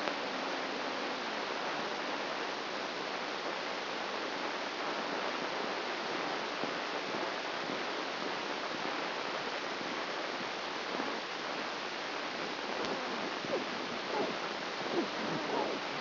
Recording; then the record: brain microelectrode recording played as sound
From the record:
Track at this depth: outside the subthalamic nucleus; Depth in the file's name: 0.008 mm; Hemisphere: right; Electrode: 2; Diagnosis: Parkinson's disease